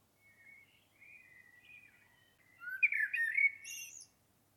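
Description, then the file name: Common blackbird singing: soft warbled phrases, then a louder rich fluted phrase finishing in a squeaky, high-pitched twitter. "Turdus merula"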